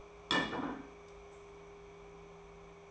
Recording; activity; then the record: daily activity, microphone in the room; place plate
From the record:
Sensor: 1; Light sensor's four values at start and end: 15/37/15/17 and 15/39/16/18